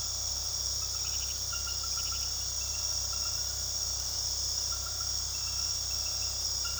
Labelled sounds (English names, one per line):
none